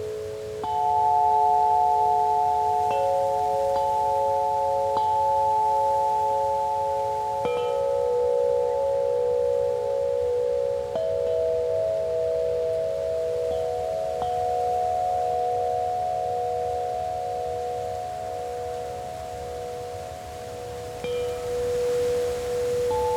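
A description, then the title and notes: Wind chimes ring with long, overlapping tones that hang and blend, new strikes landing every few seconds, around 1, 3, 7, 11 and 14 seconds. A soft, steady breeze hisses underneath throughout, with a faint low rumble. Spacious sounds of wind chimes and soft breeze.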